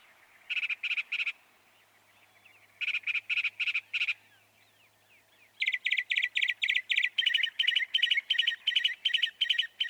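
Northern mockingbird song in bursts: groups of three or four buzzy notes repeated, pausing, then a long series of repeated rattling notes in a new pattern.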